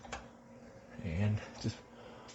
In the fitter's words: okay and then these just lock into place